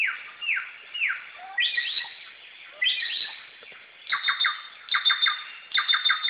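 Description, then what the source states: Samyong calls: a few whistled downslurs, then more complex phrases and clusters of high, ringing notes, irregularly spaced. Recorded in forest.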